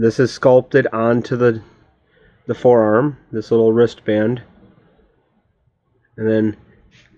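A swappable plastic hand is being handled for the wrist peg of a 7-inch action figure while someone talks in bursts with pauses. Two small, faint sudden sounds come near 6.1 s and 7.1 s, but nothing has seated or clicked yet.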